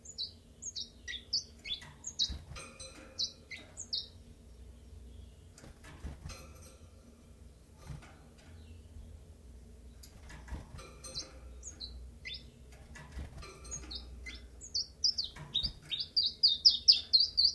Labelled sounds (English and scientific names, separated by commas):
Common Chiffchaff (Phylloscopus collybita)